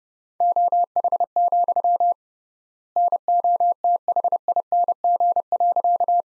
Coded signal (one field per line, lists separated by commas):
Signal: Morse code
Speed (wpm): 29 wpm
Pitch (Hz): 700 Hz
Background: none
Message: OH, NOTHING.